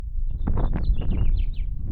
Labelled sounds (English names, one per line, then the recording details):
House Finch song
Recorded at Point Lookout on Long Island, New York, on 2 June 1975
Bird D